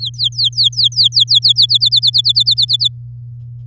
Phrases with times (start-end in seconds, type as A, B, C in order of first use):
0.00-1.66 A, 1.69-2.88 B